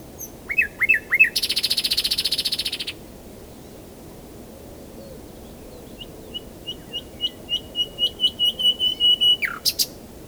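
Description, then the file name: Common nightingale song: a few whistled notes, then a loud buzzy trill lasting over a second. After a pause comes a series of repeated chips that ends in a sharp sweep. "Luscinia megarhynchos"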